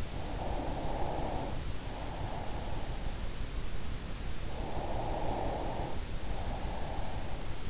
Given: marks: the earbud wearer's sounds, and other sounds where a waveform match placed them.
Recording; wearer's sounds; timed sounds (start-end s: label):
sounds in sleep by an in-ear microphone; breath
0.00-3.23 s: breath
4.27-7.54 s: breath